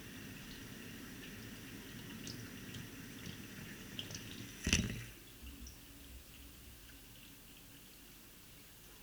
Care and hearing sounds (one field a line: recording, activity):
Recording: daily activity, guitar pickup as the sensor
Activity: flush